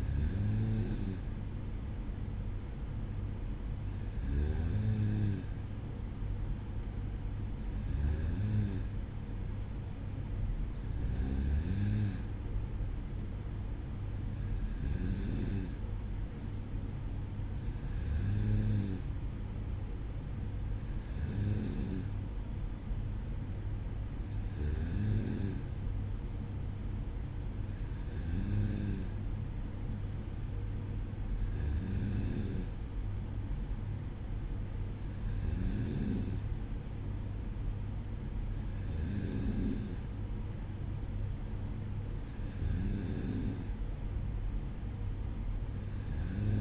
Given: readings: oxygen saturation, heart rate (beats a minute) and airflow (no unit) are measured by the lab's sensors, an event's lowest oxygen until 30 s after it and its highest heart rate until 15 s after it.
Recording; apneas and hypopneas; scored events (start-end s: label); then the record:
breathing in sleep by a smartphone at the bedside; none
none scored
From the record:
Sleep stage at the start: N2 (light sleep); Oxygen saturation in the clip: 94%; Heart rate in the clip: 54 to 59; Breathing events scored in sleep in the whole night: 305 in 9.6 hours asleep